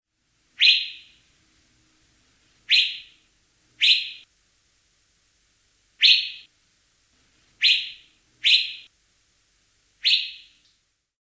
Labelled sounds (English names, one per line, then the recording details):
Hooded Pitta
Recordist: Tembrock, Günter
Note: Rufe